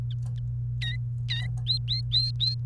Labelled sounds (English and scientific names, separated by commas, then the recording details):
Domestic Canary (Serinus canaria) song
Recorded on 28 April 2018 at 17:52
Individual llb3